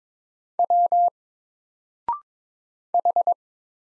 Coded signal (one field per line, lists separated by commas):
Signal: Morse code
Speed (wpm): 22 wpm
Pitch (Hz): 700 Hz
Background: none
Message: W H